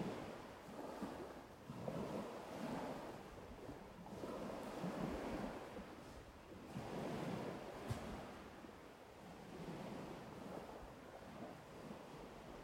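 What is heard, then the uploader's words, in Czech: Sea sounds: waves wash in and draw back in slow, rolling swells, each surge building and fading every few seconds. A steady hiss of surf fills the gaps, with low wind rumble buffeting the microphone and a brief sharp click near eight seconds. ZVUKY MOŘE.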